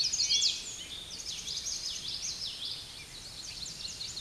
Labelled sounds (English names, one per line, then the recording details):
Common Yellowthroat song
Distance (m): 25 m
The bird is about 10 m above the microphone
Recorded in a Pennsylvania forest on 16 May 2024 at 07:14
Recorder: AudioMoth, point MSD-2453
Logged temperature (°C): 16.3 °C
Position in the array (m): 233 m, 174 m